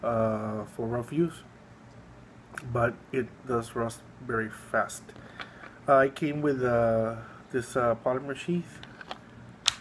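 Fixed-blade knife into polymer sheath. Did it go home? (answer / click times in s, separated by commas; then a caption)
yes / 9.7 s. Someone talks about an ESEE Izula, a small black fixed-blade knife of 1095 carbon steel with G10 scales, then pushes it into its molded polymer sheath. A few light clicks lead to a sharp snap at 9.7 s as the knife locks in by friction retention with no play.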